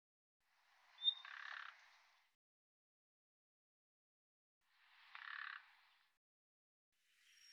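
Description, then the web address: Bird calls, fairly soft: a thin high whistle then a coarse buzzy rasp, a second rasp four seconds later, and the start of a third at the end. "Deverinetal 2025"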